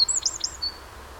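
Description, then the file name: Eurasian wren calls: three high, thin notes with sharp sweeps, then one short level note. "Troglodytes troglodytes"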